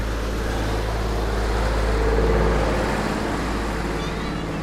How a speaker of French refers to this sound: Et forcément aussi quand on traverse les villages, comme ici Miradou, là dans le Gers, eh ben, il y a les tracteurs, les 38 tonnes.